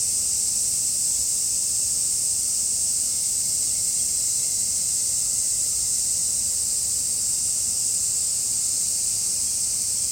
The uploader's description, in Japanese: 夏は蝉さん多めの登場です